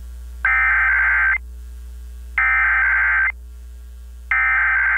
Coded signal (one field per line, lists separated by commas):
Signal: Emergency Alert System (SAME) tones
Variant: header bursts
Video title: A Long Testing Tuesday (EAS #22838-22899) 10/8/24